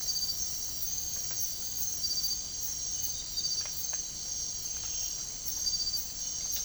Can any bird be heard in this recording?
no